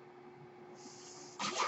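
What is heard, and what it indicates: Low steady hum with faint hiss, then a sudden loud whoosh of air: a mechanical ventilator delivering a breath.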